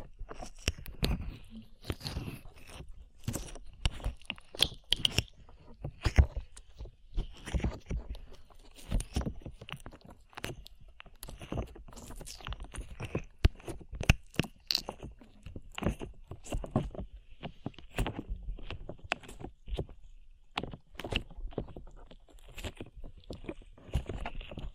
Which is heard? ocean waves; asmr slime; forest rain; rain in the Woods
asmr slime